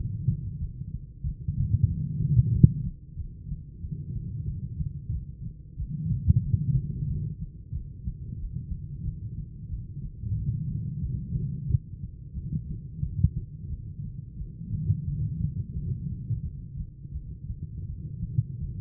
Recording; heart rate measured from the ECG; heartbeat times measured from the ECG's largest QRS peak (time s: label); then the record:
heart sounds by stethoscope; 90 bpm
0.58 s: heartbeat
1.23 s: heartbeat
1.86 s: heartbeat
2.51 s: heartbeat
3.15 s: heartbeat
3.80 s: heartbeat
4.44 s: heartbeat
5.10 s: heartbeat
5.76 s: heartbeat
6.40 s: heartbeat
7.05 s: heartbeat
7.71 s: heartbeat
8.37 s: heartbeat
9.02 s: heartbeat
9.68 s: heartbeat
10.34 s: heartbeat
11.00 s: heartbeat
11.66 s: heartbeat
12.33 s: heartbeat
13.00 s: heartbeat
13.67 s: heartbeat
14.35 s: heartbeat
15.03 s: heartbeat
15.72 s: heartbeat
16.41 s: heartbeat
17.11 s: heartbeat
17.85 s: heartbeat
18.58 s: heartbeat
From the record:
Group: heart failure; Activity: rest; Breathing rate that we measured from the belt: 13 breaths a minute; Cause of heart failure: idiopathic cardiomyopathy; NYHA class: 2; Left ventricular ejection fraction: 51%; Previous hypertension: present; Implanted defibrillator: present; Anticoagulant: apixaban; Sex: female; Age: 61 years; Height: 163 cm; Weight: 111 kg